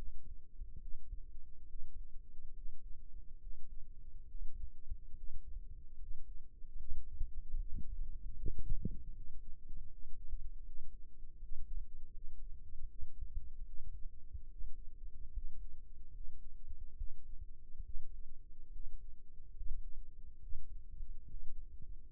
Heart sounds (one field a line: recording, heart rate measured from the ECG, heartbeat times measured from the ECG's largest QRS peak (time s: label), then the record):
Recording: heart sounds by microphone in the right ear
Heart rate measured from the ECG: 73 bpm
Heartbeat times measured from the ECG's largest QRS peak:
0.79 s: heartbeat
1.66 s: heartbeat
2.52 s: heartbeat
3.38 s: heartbeat
4.26 s: heartbeat
5.14 s: heartbeat
5.97 s: heartbeat
6.74 s: heartbeat
7.55 s: heartbeat
8.34 s: heartbeat
9.12 s: heartbeat
9.87 s: heartbeat
10.63 s: heartbeat
11.38 s: heartbeat
12.11 s: heartbeat
12.87 s: heartbeat
13.65 s: heartbeat
14.47 s: heartbeat
15.31 s: heartbeat
16.11 s: heartbeat
16.95 s: heartbeat
17.82 s: heartbeat
18.71 s: heartbeat
19.53 s: heartbeat
20.39 s: heartbeat
21.26 s: heartbeat
From the record:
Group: healthy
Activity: rest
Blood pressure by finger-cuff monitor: 82/56 mmHg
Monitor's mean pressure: 65 mmHg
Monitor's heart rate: 72 bpm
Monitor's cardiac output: 6.3 L/min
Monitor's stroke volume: 86 mL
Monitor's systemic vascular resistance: 750 dyn s/cm5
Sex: male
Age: 22 years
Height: 181 cm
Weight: 79 kg